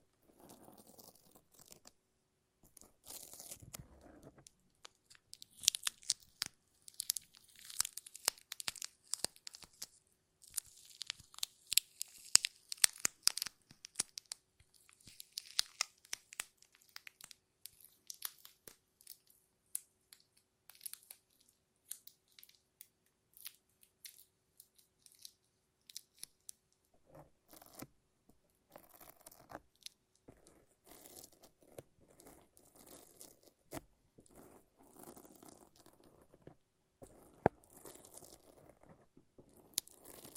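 Sticky tape and a lint roller peel and crackle in quick, uneven bursts of sharp ripping. The tearing is dense and bright from about 5 to 16 seconds, thins to scattered snaps, then returns with lower, rougher rolling and crinkling after 27 seconds.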